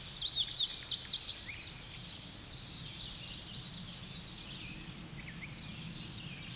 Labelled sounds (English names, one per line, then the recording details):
Tennessee Warbler song
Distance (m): 45 m
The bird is about 5 m above the microphone
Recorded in a Pennsylvania forest on 16 May 2024 at 07:13
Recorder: AudioMoth, point MSD-0521
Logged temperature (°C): 15.8 °C
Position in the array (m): 83 m, 63 m